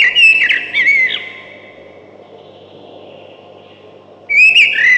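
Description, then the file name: Ring ouzel singing one fluty, whistled phrase with a few quick notes, then a short quiet gap before the next phrase begins. "дрозд белозобый"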